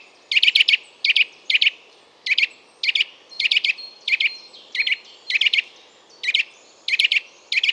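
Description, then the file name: Eurasian nuthatch giving sharp, clipped call notes in quick bursts of a few notes, repeated throughout, over a faint steady hiss. "Sitta europaea"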